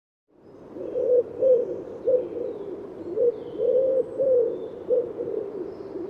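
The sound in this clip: Bird producing soft low cooing notes in repeating phrases of several coos, steady and rounded, with background hiss throughout.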